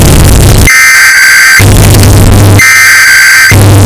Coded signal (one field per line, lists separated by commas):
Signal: Emergency Alert System (SAME) tones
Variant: header bursts